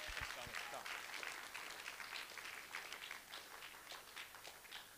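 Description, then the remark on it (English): A crowd claps and cheers for a man coming up to share his testimony, a dense, steady wash of applause that fills the whole stretch, a few low thumps at the start, easing slightly toward the end. “Someone God has completely and totally transformed, and why don't you all give him a massive cheer as he comes to share.”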